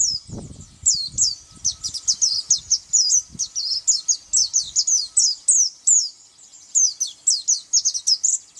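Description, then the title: White-eye giving a fast, high twittering song of short slurred notes, almost unbroken throughout, with some low rumbling noise early on. "Pleci"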